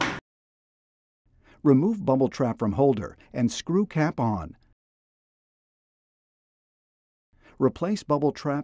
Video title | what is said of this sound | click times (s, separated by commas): 2365 Advanced Venipuncture Training Aid™ | an audible click will confirm proper placement | 0.0 s